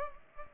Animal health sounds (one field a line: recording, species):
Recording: mosquito wingbeat signal from an infrared sensor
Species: Culex pipiens